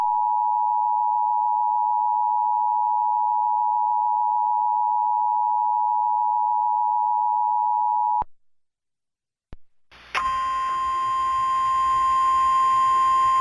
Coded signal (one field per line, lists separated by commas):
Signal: Emergency Alert System (SAME) tones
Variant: 853 and 960 Hz attention tone